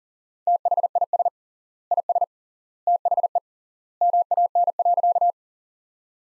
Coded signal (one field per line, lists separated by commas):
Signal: Morse code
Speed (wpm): 40 wpm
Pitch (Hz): 700 Hz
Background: none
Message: THIS IS THE MAN.